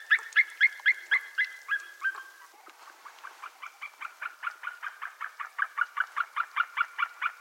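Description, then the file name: White-tailed eagle yelping call series, loud ringing notes repeated about four per second, a first run fading, then a second building again. "HAVOERN"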